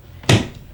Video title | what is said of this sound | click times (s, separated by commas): How To Seal A Jar Using FoodSaver Jar Sealer | make sure it snaps into place and it covers the entire rim of the jar | 0.3 s